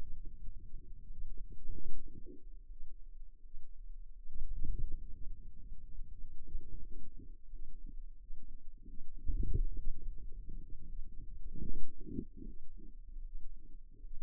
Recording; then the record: forearm muscle sounds (acoustic myography)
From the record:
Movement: wrist flexion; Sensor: system 2, bracelet of six BSWA MPA416 microphones around the upper forearm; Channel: 3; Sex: female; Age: 23 years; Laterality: right